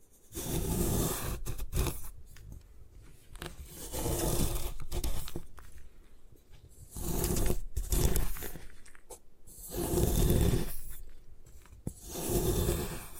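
Gym chalk is crushed and ground in a series of rough, scraping bursts, each lasting about a second or two, with quieter gaps between them. The grinding has a gritty, crunchy texture with a low rumble underneath, and short sharp clicks and snaps appear in the pauses.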